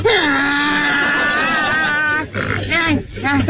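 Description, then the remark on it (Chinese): A man's voice performs vocal mimicry (kouji), imitating a donkey braying: a long, loud, strained cry with rising and falling harmonics, followed by a few shorter, choppy hee-haw bursts. “啊，尤其是我学个鸡鸣犬吠百鸟齐鸣，我比他们学的都像，因为我从3岁就会学猫叫，4岁的时候就会学狗叫，到现在我连驴叫我都能学。你要不信我给你学学。”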